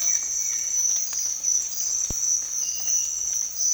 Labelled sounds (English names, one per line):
none